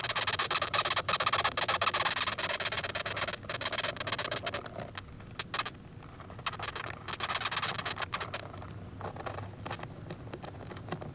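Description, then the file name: Velvet ant giving rapid, scratchy high squeaks, strong at first, then softer and more broken in the second half with short pauses between bursts. "velvet red ant"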